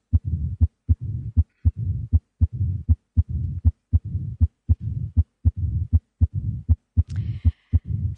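Heart sounds heard by stethoscope in an adult: typical mitral stenosis, a narrowing of one of the heart valves, with a low-pitched rumbling murmur between the sharp heart sounds at about 79 beats per minute.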